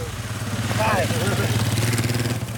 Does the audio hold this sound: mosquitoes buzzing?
no